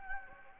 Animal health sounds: mosquito wingbeat signal from an infrared sensor; Anopheles gambiae

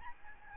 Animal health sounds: mosquito wingbeat signal from an infrared sensor; Aedes albopictus

